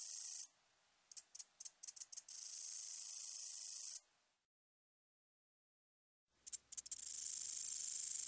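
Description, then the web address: Saltmarsh Meadow Katydid song, a very high, hissing buzz broken by bursts of rapid ticks and a long silent gap, then resuming steadily. "Crickets and Katydids. Saltmarsh Meadow Katydid, Conocephalus spartinae"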